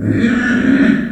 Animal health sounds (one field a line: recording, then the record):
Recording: squeal of a Yucatan mini pig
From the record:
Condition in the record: after surgery on the right vocal fold (resection and tissue-engineered implant)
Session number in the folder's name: 4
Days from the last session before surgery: 26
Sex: female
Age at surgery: 19 weeks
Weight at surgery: 25 kg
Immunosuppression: prednisolone